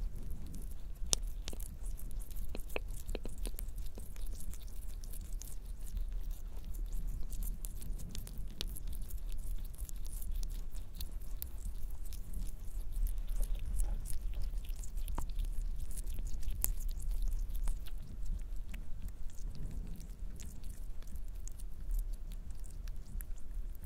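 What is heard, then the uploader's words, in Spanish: Mouth sounds, wet clicks and smacks, with a little handling, continue throughout alongside a sticky, honey-like texture. Sharp short ticks come irregularly every second or so over a steady low rumble, with slightly busier clusters around 8, 13 and 19 seconds. Sonidos de boca y algunos de manos y miel.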